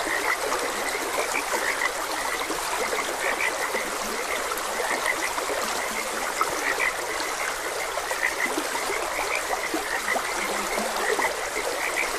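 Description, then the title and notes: Frogs give a steady chorus of quick, repeated high croaks, a few lower croaks mixed in, beneath the constant wash of a flowing stream. Frogs croaking beside a gentle stream. "Gentle Stream and Frogs Croaking. Sleep and Relaxation Podcast"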